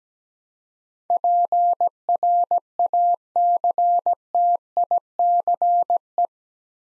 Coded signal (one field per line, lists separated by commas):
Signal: Morse code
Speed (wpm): 17 wpm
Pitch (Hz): 700 Hz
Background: none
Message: PRACTICE